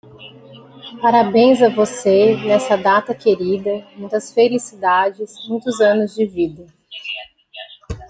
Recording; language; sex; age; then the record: short text; Brazilian Portuguese; female; 40 to 49 years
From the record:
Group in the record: control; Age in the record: 41 years